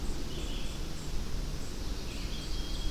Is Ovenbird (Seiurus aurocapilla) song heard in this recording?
no